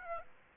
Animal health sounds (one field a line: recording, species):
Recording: mosquito wingbeat signal from an infrared sensor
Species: Aedes aegypti